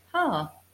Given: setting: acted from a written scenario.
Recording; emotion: vocal sound without words; interest